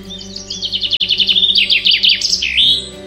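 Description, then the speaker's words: Common Chaffinch singing: a quick run of bright, clear notes stepping slightly downward at an even pace, ending in a brisk flourish. Male song in the breeding season, marking territory and attracting a female; one unchanging refrain repeated all day; recorded in larch woodland. "Alors, tendez l'oreille car chez le pinson des arbres, le chant du mâle, c'est celui-ci."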